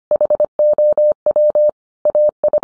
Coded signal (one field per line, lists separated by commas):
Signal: Morse code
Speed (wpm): 25 wpm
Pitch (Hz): 600 Hz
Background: none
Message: HOW AI